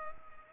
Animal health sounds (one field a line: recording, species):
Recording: mosquito wingbeat signal from an infrared sensor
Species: Culex pipiens